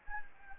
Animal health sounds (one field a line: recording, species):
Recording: mosquito wingbeat signal from an infrared sensor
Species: Anopheles gambiae